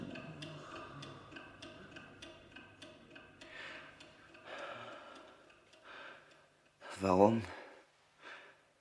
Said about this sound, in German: Lieber Gott, warum tickt die Uhr nur so laut? Der Zeiger. Es gibt keine Zeitlosigkeit. Es ist die Zeit, die mich tötet. Dieses Ticken. Immer lauter. Immer lauter.